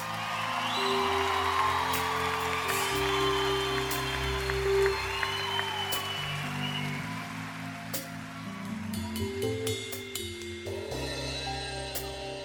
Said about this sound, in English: Y'all having fun yet? Everybody give a big round of applause to all the musicians on stage.